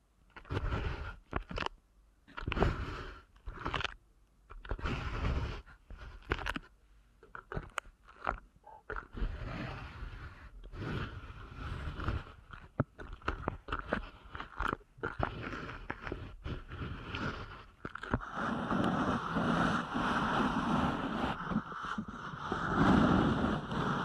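Ear canal massage sounds: rubbing, crunching bursts that start and stop in quick clusters over the first half, some loud and full, some soft. After about 18 seconds the rubbing turns continuous and denser, a steady rough hiss with a low rumble beneath.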